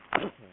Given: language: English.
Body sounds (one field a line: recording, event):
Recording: throat vibration sensor signal played as sound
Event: cough